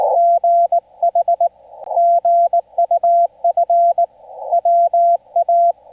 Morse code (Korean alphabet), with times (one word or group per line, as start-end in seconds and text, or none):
0.2-1.5 수
2.0-4.0 신
4.5-5.7 보